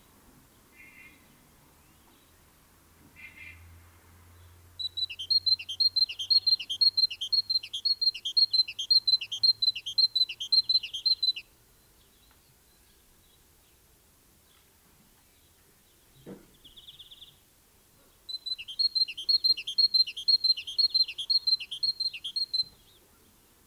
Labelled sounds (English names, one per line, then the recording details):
Great Tit song
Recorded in the wild
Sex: pair
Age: adult
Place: Garmisch-Partenkirchen, Bayern, DE
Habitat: urban area
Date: 1968-04-22
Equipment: Nagra, Vollspur
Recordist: Tretzel, Erwin